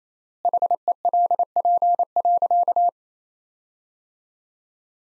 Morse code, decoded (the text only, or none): HELP.